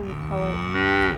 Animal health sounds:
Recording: contact call of a hoofed animal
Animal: cattle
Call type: low-frequency (closed-mouth) or high-frequency (open-mouth) call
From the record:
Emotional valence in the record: negative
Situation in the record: full separation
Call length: 1.18 s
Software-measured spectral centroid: 1660 Hz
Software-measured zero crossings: 1520 a second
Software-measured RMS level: -24 dBFS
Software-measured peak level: -9 dBFS

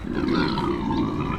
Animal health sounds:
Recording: contact call of a hoofed animal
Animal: wild boar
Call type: grunt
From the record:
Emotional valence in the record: negative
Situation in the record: naturally occurring agonistic interactions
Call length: 1.38 s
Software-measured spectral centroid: 1430 Hz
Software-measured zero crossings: 1150 a second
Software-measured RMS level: -24 dBFS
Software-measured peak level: -10 dBFS

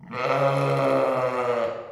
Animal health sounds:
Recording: contact call of a hoofed animal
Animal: sheep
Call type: low-frequency (closed-mouth) or high-frequency (open-mouth) call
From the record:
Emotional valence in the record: negative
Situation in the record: short social isolation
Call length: 1.92 s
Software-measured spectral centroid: 1600 Hz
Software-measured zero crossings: 1470 a second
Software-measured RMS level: -24 dBFS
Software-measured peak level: -9 dBFS

